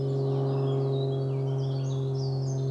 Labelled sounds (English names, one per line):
Eurasian Blackcap